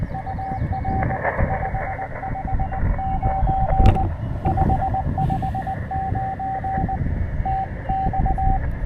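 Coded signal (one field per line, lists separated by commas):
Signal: Morse code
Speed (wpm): 19 wpm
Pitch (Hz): 770 Hz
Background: radio noise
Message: UR 559 559 TX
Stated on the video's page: QRP CW park activation from Great Seal State Park, using a Penntek TR-45L Skinny, paddles and a homebrew 40m EFHW.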